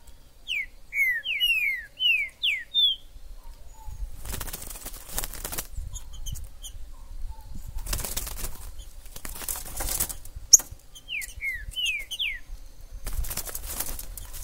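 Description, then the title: Green-winged saltator song: a rapid run of slurred, descending whistled notes early on and again near the end, with loud rustling noise bursts in between. Trinca-ferro recorded in the forest (mato), described as a 'major' singer, calling, singing and acting male in a contest; used to stir up a pet bird. "Esse É PERFEITO Para ESQUENTAR Seu TRINCA Piando, Cantando E Macheando Na DISPUTA. Esse VÍDEO de TRINCA FERRO no MATO vai DEIXAR seu TRINCA LOUCO!! Trinca ferro MAJOR no MATO!!"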